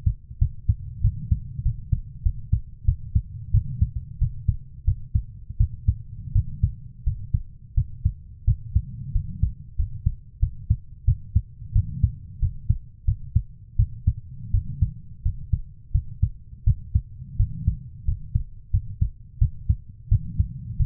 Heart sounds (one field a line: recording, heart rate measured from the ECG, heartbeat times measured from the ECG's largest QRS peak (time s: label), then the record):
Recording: heart sounds by stethoscope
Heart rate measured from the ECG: 88 bpm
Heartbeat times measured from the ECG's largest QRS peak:
0.39 s: heartbeat
1.01 s: heartbeat
1.63 s: heartbeat
2.23 s: heartbeat
2.85 s: heartbeat
3.51 s: heartbeat
4.19 s: heartbeat
4.85 s: heartbeat
5.57 s: heartbeat
6.33 s: heartbeat
7.04 s: heartbeat
7.74 s: heartbeat
8.45 s: heartbeat
9.12 s: heartbeat
9.76 s: heartbeat
10.40 s: heartbeat
11.05 s: heartbeat
11.73 s: heartbeat
12.40 s: heartbeat
13.05 s: heartbeat
13.76 s: heartbeat
14.51 s: heartbeat
15.23 s: heartbeat
15.92 s: heartbeat
16.64 s: heartbeat
17.37 s: heartbeat
18.05 s: heartbeat
18.71 s: heartbeat
19.39 s: heartbeat
20.09 s: heartbeat
20.77 s: heartbeat
From the record:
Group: healthy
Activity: rest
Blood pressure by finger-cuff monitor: 117/66 mmHg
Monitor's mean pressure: 85 mmHg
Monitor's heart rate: 88 bpm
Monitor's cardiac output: 7.8 L/min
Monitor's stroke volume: 89 mL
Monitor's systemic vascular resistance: 780 dyn s/cm5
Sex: female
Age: 24 years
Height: 163 cm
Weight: 55.7 kg